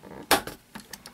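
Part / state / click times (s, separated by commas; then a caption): suction-cup base locking lever of a phone car mount, on a desk surface / seated / 0.3 s. The suction-cup base of a TYLT VU wireless charging car mount is pressed onto a desk, and its locking lever is pushed down, giving a sharp click at 0.3 s. A few softer knocks follow. The mount locks in place and is held fast.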